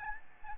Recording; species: mosquito wingbeat signal from an infrared sensor; Aedes albopictus